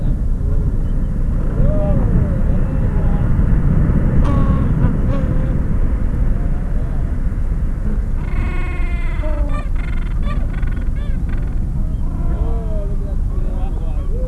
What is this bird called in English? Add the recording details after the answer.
Gentoo Penguin. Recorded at the colony at Neko Harbor, Antarctica, on 26 January 2015. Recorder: Song Meter SM2+